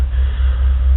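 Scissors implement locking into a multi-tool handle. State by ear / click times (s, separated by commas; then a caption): not seated / none. The scissors of a Gerber Suspension multi-tool are handled as they are opened out toward their locked position in the handle. A steady low hum and rumble runs throughout with faint noise above it and no sharp transients. Nothing has seated or clicked yet.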